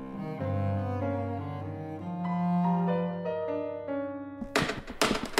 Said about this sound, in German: Polter doch nicht so mit den Holzschuhen, ihr Bengel.